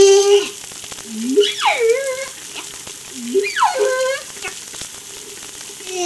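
Whale calls: harmonic, wailing tones that sweep steeply downward, alternating with a steady low hum and short upswept squeals, with crackling clicks throughout.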